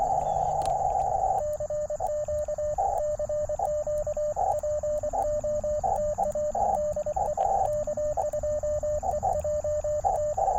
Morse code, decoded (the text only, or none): CQ CQ POTA DE K2EJT